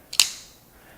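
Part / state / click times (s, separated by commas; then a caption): blade lock in folding knife handle / released / 0.1 s, 0.2 s. The axis lock on a Benchmade 8600BK Bedlam Auto Axis automatic folding knife is pulled back to disengage the steel blade and close it. A soft click at 0.1 s is followed by a sharp metallic snap at 0.2 s that rings briefly and fades to quiet. The lock releases and the blade closes.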